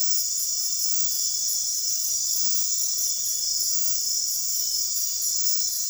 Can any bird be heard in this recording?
no